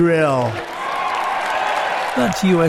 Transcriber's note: applause